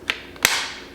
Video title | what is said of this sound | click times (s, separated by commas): URPIRE Cordless Vacuum Cleaner Review - Stick Vacuum Cleaner with 4 Suction Modes | click it right into place until you hear that little click and then you can use this button down here to make it longer | 0.4 s